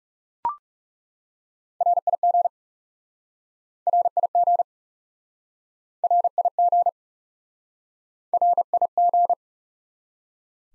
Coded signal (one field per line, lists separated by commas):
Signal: Morse code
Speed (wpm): 40 wpm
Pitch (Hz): 700 Hz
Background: none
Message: RIG RIG RIG RIG